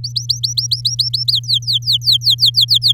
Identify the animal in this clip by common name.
Domestic Canary